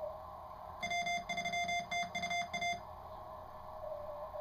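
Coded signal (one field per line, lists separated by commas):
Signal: Morse code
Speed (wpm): 31 wpm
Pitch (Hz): 2100 Hz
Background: music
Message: W3TUA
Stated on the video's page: 5-watt QRP station search-and-pounce calling during a CW Sweepstakes contest on a busy band; second contact's signal is weak.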